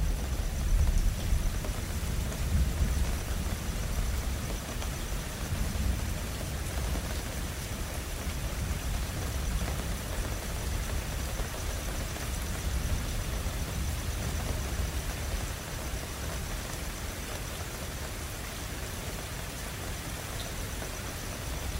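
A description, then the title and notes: Light rain falls as a steady, even hiss over a constant low rumble, possibly traffic or wind. Two thin, high tones hold throughout in the background. The level stays fairly flat, easing slightly toward the end, with no distinct events. Queensland Storm. The sounds of a storm rolling in over Brisbane.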